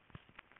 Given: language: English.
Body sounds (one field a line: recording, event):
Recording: throat vibration sensor signal played as sound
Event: swallow